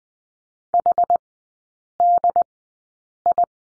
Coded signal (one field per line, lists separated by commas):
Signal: Morse code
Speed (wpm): 20 wpm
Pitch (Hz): 700 Hz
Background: none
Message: HDI